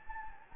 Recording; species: mosquito wingbeat signal from an infrared sensor; Anopheles gambiae